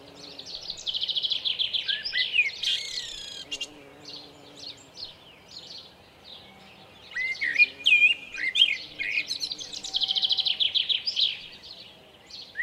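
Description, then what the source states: Common blackbird song: two phrases of mellow whistled notes mixed with long runs of rapid, high, squeaky twittering, separated by a quieter pause. At Lucenay.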